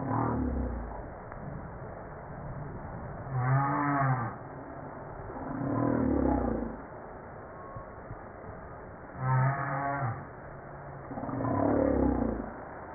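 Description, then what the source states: Humpback whale song: deep harmonic moans and groans with rich overtones, recurring every few seconds. Recorded 5 March 1994.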